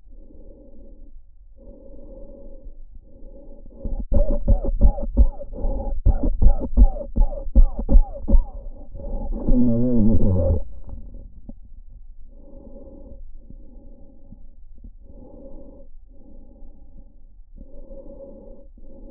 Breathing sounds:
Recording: lung sounds by stethoscope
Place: trachea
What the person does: quiet breathing, then cough and speech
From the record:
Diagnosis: COPD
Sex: male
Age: 70 years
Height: 183 cm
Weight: 116 kg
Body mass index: 34.6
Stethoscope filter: diaphragm mode

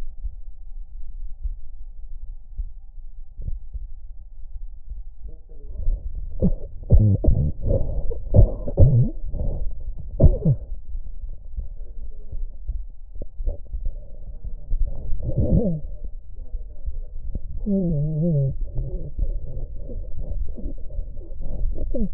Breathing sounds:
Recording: lung sounds by stethoscope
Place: left anterior apical chest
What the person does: quiet breathing, then cough and speech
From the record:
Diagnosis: interstitial lung disease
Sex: male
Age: 82 years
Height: 158 cm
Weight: 49 kg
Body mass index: 19.6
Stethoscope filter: extended mode

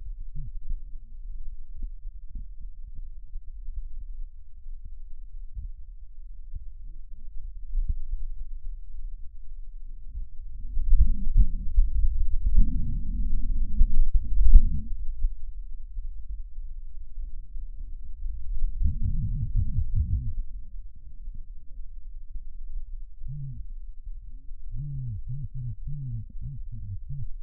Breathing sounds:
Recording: lung sounds by stethoscope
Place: right posterior basal chest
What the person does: quiet breathing, then cough and speech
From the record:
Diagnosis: pulmonary infection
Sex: male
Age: 74 years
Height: 171 cm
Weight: 80 kg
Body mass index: 27.4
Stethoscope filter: bell mode

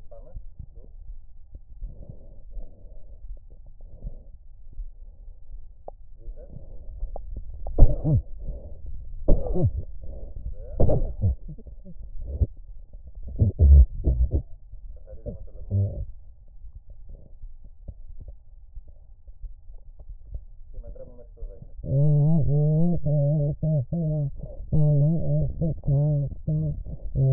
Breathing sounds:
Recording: lung sounds by stethoscope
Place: right anterior apical chest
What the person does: quiet breathing, then cough and speech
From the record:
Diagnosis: COPD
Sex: female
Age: 80 years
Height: 160 cm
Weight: 62 kg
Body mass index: 24.2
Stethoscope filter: extended mode

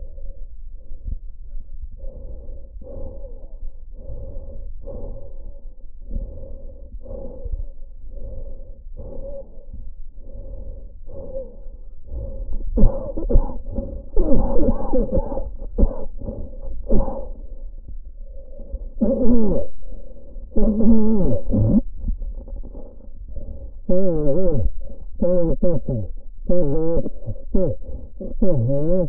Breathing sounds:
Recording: lung sounds by stethoscope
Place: trachea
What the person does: quiet breathing, then cough and speech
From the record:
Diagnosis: COPD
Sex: male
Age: 75 years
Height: 182 cm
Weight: 98 kg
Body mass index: 29.6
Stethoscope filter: diaphragm mode

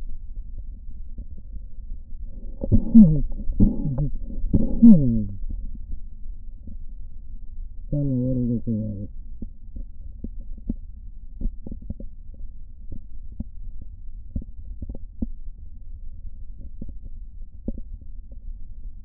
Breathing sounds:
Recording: lung sounds by stethoscope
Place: right posterior basal chest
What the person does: quiet breathing, then cough and speech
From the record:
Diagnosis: COPD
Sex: male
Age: 64 years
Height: 166 cm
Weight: 92.7 kg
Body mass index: 33.6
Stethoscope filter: diaphragm mode

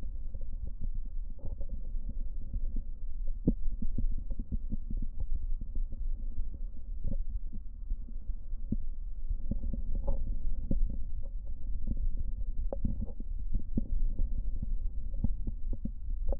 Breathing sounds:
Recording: lung sounds by stethoscope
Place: left anterior apical chest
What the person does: quiet breathing, then deep breathing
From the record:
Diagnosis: COPD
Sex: male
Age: 70 years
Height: 174 cm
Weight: 94 kg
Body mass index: 31.0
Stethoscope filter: diaphragm mode

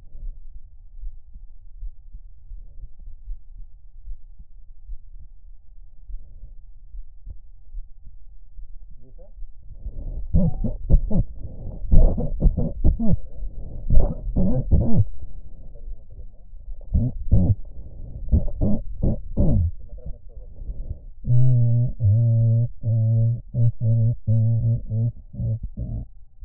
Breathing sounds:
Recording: lung sounds by stethoscope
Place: right anterior apical chest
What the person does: quiet breathing, then cough and speech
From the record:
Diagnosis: pulmonary infection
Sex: male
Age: 86 years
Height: 165 cm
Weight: 65 kg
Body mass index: 23.9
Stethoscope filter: extended mode

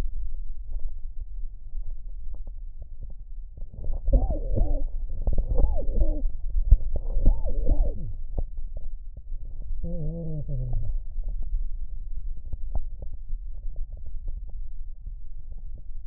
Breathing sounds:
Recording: lung sounds by stethoscope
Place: left posterior basal chest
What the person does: quiet breathing, then cough and speech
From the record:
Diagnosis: COPD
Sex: male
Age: 70 years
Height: 163 cm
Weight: 64.6 kg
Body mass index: 24.3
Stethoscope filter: extended mode

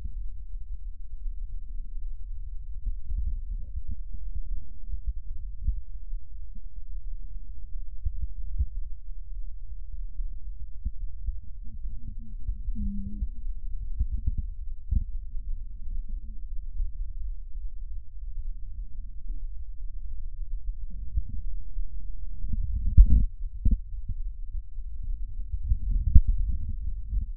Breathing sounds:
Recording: lung sounds by stethoscope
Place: right posterior basal chest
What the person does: quiet breathing, then deep breathing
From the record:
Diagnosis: asthma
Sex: female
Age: 56 years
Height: 161 cm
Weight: 85 kg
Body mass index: 32.8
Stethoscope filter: bell mode

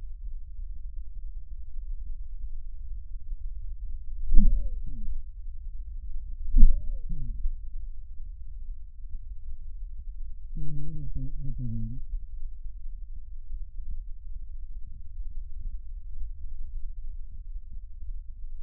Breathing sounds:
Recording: lung sounds by stethoscope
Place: left posterior basal chest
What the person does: quiet breathing, then cough and speech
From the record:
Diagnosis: COPD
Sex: male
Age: 57 years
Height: 165 cm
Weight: 85.7 kg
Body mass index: 31.5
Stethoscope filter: bell mode

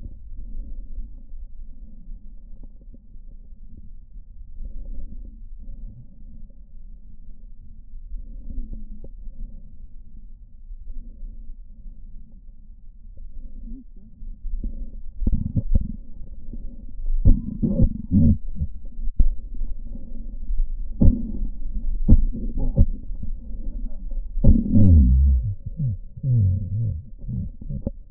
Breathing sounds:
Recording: lung sounds by stethoscope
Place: right posterior apical chest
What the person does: quiet breathing, then cough and speech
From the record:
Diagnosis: pulmonary infection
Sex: male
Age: 69 years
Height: 184 cm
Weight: 115 kg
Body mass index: 34.0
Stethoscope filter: diaphragm mode

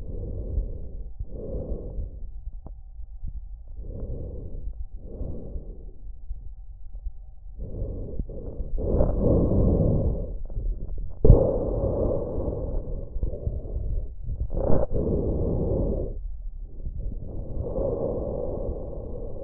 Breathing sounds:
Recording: lung sounds by stethoscope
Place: trachea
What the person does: quiet breathing, then deep breathing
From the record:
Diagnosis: interstitial lung disease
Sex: male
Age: 61 years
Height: 172 cm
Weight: 71 kg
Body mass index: 24.0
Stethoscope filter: extended mode

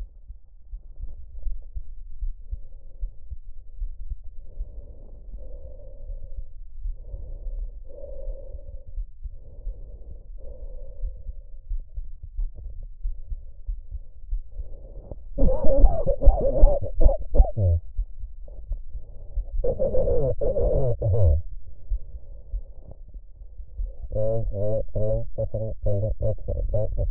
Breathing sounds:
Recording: lung sounds by stethoscope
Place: trachea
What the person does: quiet breathing, then cough and speech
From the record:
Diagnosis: none (healthy)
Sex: male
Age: 45 years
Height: 173 cm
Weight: 92 kg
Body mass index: 30.7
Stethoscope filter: extended mode

